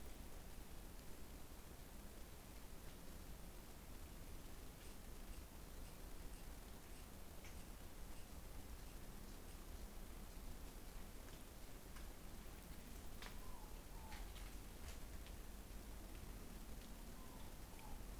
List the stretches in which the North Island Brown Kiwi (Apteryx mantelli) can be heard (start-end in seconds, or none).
none